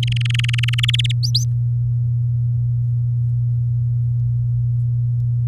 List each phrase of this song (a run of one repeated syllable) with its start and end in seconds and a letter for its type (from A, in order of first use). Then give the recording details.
0.03-0.91 A, 0.93-1.12 B, 1.23-1.44 C. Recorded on 8 May 2018 at 19:48. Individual llb16